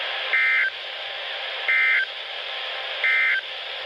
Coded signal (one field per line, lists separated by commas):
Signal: Emergency Alert System (SAME) tones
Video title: Severe Thunderstorm Warning (EAS #491)